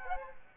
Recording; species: mosquito wingbeat signal from an infrared sensor; Aedes aegypti